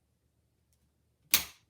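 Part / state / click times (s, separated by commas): rollator backrest tube into walker frame / seated / 1.3 s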